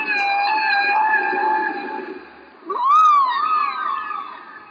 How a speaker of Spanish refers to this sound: Muchas personas lloran ante los sonidos que hacen estas ballenas, otras quedan totalmente en silencio. Los sonidos despiertan nuestros sentimientos de pérdida, de tragedia.